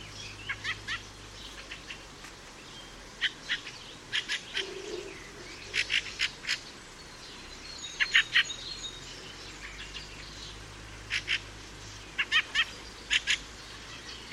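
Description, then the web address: Fieldfare song of scattered harsh chuckling and squeaky notes in loose phrases, with soft background rumble throughout. "chant didier collin grive litorne"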